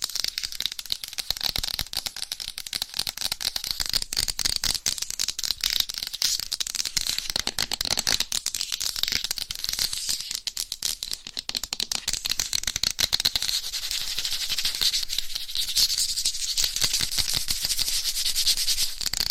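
Fast, aggressive scratching of microphone covers with nails, a dense rapid stream of scraping strokes that never lets up. The sound is bright and hissy, with rattling and rubbing textures. It grows slightly louder and more intense after the midpoint.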